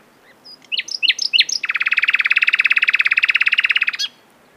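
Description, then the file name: Common nightingale singing a few sharp upswept notes that break into a long, fast, buzzy rattle of identical notes lasting over two seconds. "Luscinia megarhynchos"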